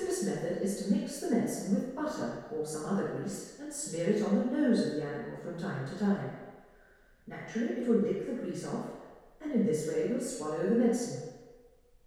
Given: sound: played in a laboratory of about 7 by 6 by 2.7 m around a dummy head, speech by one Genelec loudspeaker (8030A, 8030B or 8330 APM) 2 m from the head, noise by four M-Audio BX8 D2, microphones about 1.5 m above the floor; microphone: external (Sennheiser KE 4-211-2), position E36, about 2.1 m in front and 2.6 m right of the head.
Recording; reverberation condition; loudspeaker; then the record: female speech in English; high; 60 degrees to the left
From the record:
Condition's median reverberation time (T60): about 1300 ms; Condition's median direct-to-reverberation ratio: about -4.0 dB